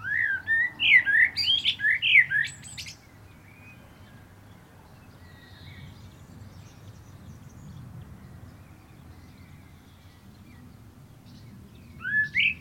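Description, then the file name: Common blackbird song: a burst of clear, fluty warbled notes with squeaky high flourishes at the start, a long pause, then a brief whistled phrase at the end. "Turdus merula"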